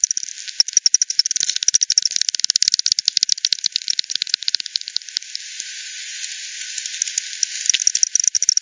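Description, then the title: Bats' echolocation clicks, a quick, dense rattle in the first half that thins to a soft hiss with scattered ticks later. Several bats at Hogsmill River, Hogsmill Lane, 7 October 2020, 18:10; bat detector recording, frequency-divided by 10, band-pass filtered and resampled. "WW bat 20201007 T 18 : 10 Z-Hogsmill-Lane-Hogsmill-River-multiple-bats"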